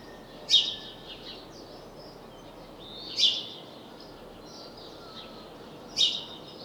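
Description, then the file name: House sparrow chirps, three loud emphatic notes spaced nearly three seconds apart, with quiet hiss and a faint thin bird note between them. "Passer domesticus"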